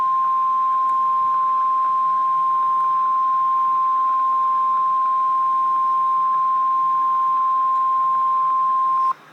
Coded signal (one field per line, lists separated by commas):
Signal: Emergency Alert System (SAME) tones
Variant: 1050 Hz attention tone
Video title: Double header REAL EAS 691,692